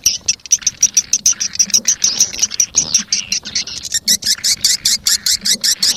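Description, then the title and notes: Swiftlet chirping calls, high bright twitters repeated in quick pulses, growing more rhythmic toward the end. Sound used in swiftlet farming in Asia. "Swiflet Bird Sound. Farming Swiflet Bird asia sound"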